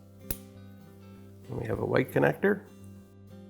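A large block wire harness connector is plugged into the new control board of a front-load washer and seats with a single sharp click at 0.3 s. A steady low hum runs underneath, and someone talks afterward.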